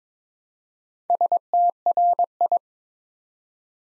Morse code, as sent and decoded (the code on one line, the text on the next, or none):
... - .-. ..
STRI